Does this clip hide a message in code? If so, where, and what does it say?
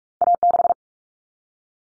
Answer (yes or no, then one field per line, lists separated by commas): yes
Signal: Morse code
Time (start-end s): 0.2-0.7 s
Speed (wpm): 44 wpm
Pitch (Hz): 700 Hz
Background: none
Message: A6